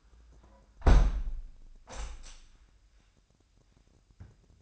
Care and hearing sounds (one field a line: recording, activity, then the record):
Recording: daily activity, microphone in the room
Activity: close window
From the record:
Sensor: 2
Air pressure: 997.9 hPa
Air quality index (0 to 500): 142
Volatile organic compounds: 4 ppm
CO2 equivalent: 1604 ppm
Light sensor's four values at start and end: 10/30/12/12 and 10/30/12/12